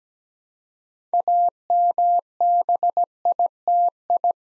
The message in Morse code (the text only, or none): AMBITI